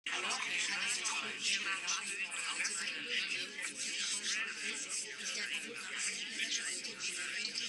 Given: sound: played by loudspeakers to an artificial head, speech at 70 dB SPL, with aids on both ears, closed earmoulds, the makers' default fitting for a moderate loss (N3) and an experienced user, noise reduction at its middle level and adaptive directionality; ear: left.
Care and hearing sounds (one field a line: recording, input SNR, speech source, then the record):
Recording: speech test signal (ISTS) in cocktail-party noise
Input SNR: -6 dB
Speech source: on the right (90 degrees)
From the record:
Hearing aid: class 1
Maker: J